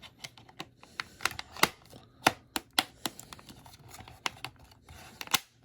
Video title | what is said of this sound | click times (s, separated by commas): Oculus Quest 2 Elite Strap with Battery and Carrying Case "for Enhanced Comfort" - Unboxing & Review | there you go snaps right into place there | 2.8 s, 4.3 s